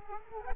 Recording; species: mosquito wingbeat signal from an infrared sensor; Culex quinquefasciatus